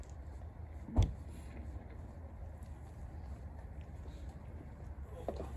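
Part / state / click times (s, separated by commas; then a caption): LiDAR sensor payload into drone gimbal quick-release mount / not seated / none. A Zenmuse L1 LiDAR sensor payload is handled at the quick-release gimbal mount of a DJI Matrice 300 RTK drone, where it is meant to be twisted on until the red marks line up and it locks. A dull knock near 1.0 s and a faint tap near 5.3 s sound over a steady low hum. Nothing has seated or clicked yet.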